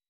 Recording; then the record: hydrophone in a shrimp aquaculture tank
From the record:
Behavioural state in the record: weakened